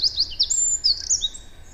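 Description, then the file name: Eurasian wren song fragment: a quick run of high, sharp, sweeping notes, rising and falling in rapid succession, over a faint steady hiss. "Troglodytes troglodytes"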